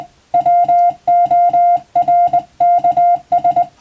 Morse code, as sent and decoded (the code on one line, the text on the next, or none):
.-- --- .-. -.- ...
WORKS